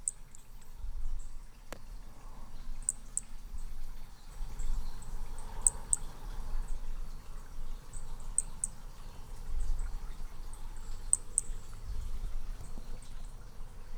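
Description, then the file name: Hermogenes's pumpkin toadlet: brachycephalus hermogenesi calls, short shrill high notes in close pairs repeated about every two and a half seconds, four pairs in all, against a low hum. Individual 1, recorded at Picinguaba on 13 December 2017. "B hermogenesi Picinguaba ind 1 ex 2 tudo 13 dez 2017 MRB"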